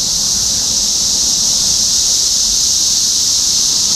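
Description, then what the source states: Cicadas fill the air with an unbroken shrill, hissing buzz, steady in pitch and loudness across the short stretch. Topeka, Kansas; 14 June 2015.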